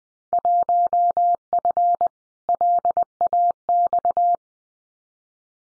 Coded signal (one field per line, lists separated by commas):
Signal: Morse code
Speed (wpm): 20 wpm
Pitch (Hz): 700 Hz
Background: none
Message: 1F LAX